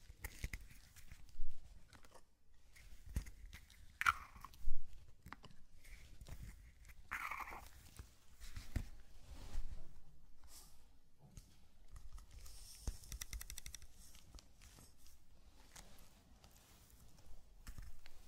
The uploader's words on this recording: Zen Garden - Sand Crinkle Brushing Tapping Cup Sounds. NO TALKING.